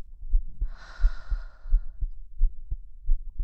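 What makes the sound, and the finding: Heart. Heartbeat.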